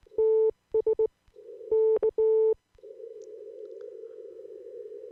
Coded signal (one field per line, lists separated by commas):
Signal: Morse code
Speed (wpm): 19 wpm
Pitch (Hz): 440 Hz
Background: none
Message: TS K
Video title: CQ de K9CTS